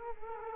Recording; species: mosquito wingbeat signal from an infrared sensor; Culex quinquefasciatus